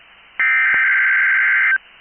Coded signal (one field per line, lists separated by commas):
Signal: Emergency Alert System (SAME) tones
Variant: header bursts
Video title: 12/7/22 BOX RWT ON KEC73 EAS#288